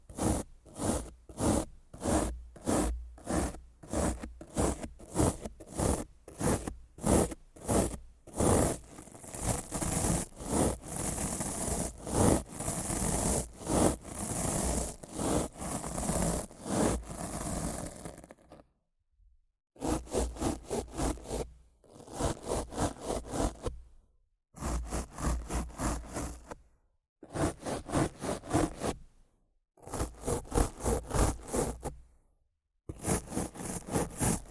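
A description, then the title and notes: Rough scratching and brushing across a microphone, starting as fast, regular strokes that blur into a dense, hissing rub between about 9 and 18 seconds. After a brief silence, the sound returns in separate bursts of scraping, each a few seconds long, divided by short gaps. ASMR Rough Mic Scratching & Brushing (No Talking).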